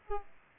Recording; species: mosquito wingbeat signal from an infrared sensor; Aedes aegypti